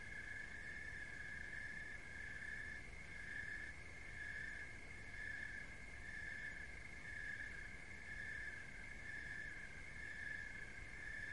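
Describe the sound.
Cricket giving a high, unbroken trill, with a low rumble throughout.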